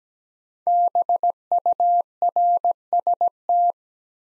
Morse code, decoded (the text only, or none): BURST